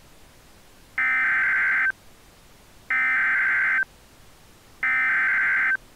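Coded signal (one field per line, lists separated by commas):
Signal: Emergency Alert System (SAME) tones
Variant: header bursts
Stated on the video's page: Fictional EAS scenario, a simulated alert.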